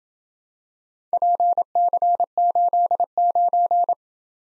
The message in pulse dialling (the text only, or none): none